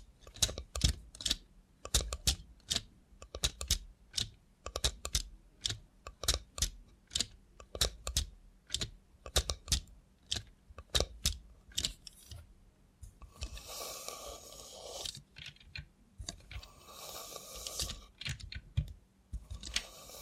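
Sharp clicking taps from a robot hand come in quick, uneven bursts through the first twelve seconds, like rapid typing on a keyboard. After that the taps thin out, and a steady hiss with a whirring tone rises and falls twice. A low hum runs underneath throughout.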